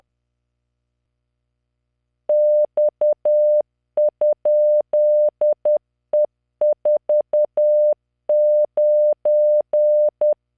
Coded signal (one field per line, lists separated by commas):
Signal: Morse code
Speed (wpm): 10 wpm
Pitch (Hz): 600 Hz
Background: none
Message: X?E49